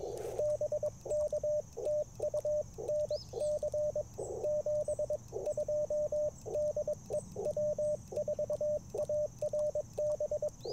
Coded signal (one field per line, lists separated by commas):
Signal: Morse code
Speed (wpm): 22 wpm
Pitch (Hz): 600 Hz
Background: radio noise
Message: BK TU NC 72 DE W4ARB